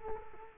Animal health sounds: mosquito wingbeat signal from an infrared sensor; Culex quinquefasciatus

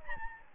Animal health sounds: mosquito wingbeat signal from an infrared sensor; Aedes albopictus

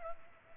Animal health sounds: mosquito wingbeat signal from an infrared sensor; Culex pipiens

